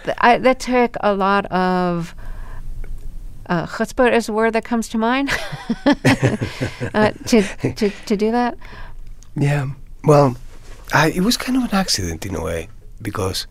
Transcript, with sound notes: That took a lot of - chutzpah is a word that comes to mind...
(LAUGHTER)
...To do that.
Yeah. Well, I - it was kind of an accident in a way because